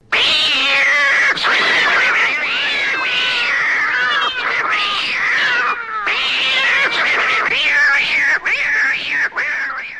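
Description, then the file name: Cat caterwauling, loud continuous wailing yowls rising and falling in pitch, sustained almost without a break throughout, with only short pauses. "Bad Cat"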